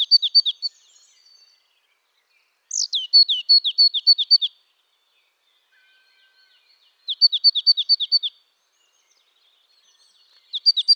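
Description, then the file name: Marsh tit giving quick runs of high, clipped notes, one run opened by a sharp downslurred note, the bursts recurring every few seconds with pauses of a few seconds between. "Poecile palustris"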